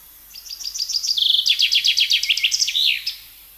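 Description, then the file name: Common chaffinch song: a rapid descending series of sharp trilled notes leading into a louder rattling phrase, ending abruptly after about three seconds. "Fringilla coelebs"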